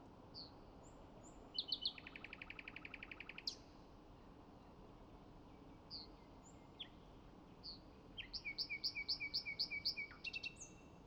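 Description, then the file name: Common nightingale singing varied phrases: a brief sharp burst, a rapid mechanical rattle, scattered pure whistles, then a fast pulsing series of repeated notes against faint constant hiss. "Luscinia megarhynchos"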